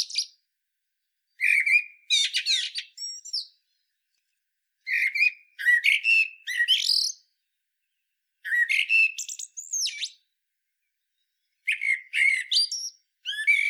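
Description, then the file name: Common blackbird singing: several separate phrases, each opening with low fluted whistles and breaking into squeaky high twitters, spaced roughly three to four seconds apart with silent pauses. "Turdus merula"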